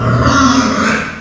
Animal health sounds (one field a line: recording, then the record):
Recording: squeal of a Yucatan mini pig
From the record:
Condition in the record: after surgery on the right vocal fold (resection and tissue-engineered implant)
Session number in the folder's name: 13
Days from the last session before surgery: 113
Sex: female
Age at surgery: 19 weeks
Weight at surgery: 25 kg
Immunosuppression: prednisolone